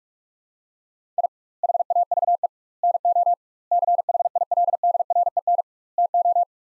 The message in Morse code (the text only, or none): I HAVE NO CHILDREN TO